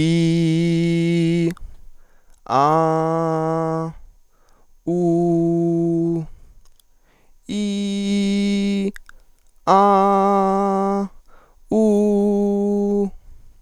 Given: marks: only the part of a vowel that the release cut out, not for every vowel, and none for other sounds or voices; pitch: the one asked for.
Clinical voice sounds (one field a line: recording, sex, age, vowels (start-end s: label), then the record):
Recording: sustained vowels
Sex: male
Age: 20 to 29 years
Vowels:
0.00-1.44 s: vowel /i/, normal pitch
2.56-3.82 s: vowel /a/, normal pitch
4.94-6.13 s: vowel /u/, normal pitch
7.57-8.80 s: vowel /i/, high pitch
9.74-10.97 s: vowel /a/, high pitch
11.77-13.00 s: vowel /u/, high pitch
From the record:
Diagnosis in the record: healthy voice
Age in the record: 20 years